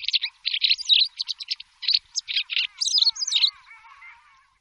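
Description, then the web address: White wagtail giving a rapid series of sharp, high chirping notes, with bursts of twittering before the calls trail off into softer notes. "Voegel Bachstelze"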